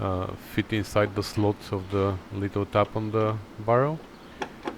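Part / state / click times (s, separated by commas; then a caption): car door lock barrel into its retaining clamp in the door / seated / 4.4 s, 4.7 s. A door lock barrel on a 1973 Triumph TR6 is pushed hard into the door so the two small ears of its retaining clamp click into place, with the lever of the locking mechanism sitting in the slots of the barrel. Someone talks for most of the clip, then two short ticks are heard at 4.4 s and 4.7 s as the barrel seats in its clamp.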